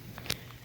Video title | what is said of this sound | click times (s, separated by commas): Indian Sissy Bar Installation for Springfield and Chieftain | there you go securely latched on both sides of the bike | 0.3 s